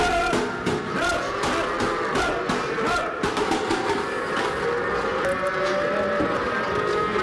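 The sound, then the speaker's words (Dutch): A dense, continuous chorus of calves under 30 days old bellowing and mooing over one another during transport from Ireland to the Netherlands, where they are beaten with paddles; loud and overlapping, with sharp clattering knocks scattered throughout and no one speaking. “Kalfjes van nog geen 30 dagen oud die geslagen worden met roeispanen en aan hun oren en benen worden”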